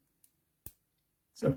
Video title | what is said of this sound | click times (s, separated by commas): Amzsa Sports Smart Watch review | which you click into place like | 0.7 s